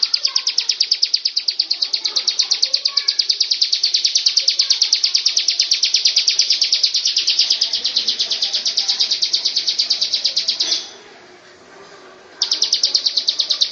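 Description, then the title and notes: Prinia singing a rapid, even series of high piercing notes, pausing briefly near the end before resuming. Full, continuous song including the rolling song style called ngerol. "Suara Kicau Burung Prenjak Lengkap dan Ngerol"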